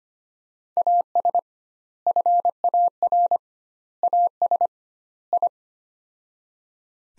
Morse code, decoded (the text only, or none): AS FAR AS I